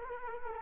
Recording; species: mosquito wingbeat signal from an infrared sensor; Culex quinquefasciatus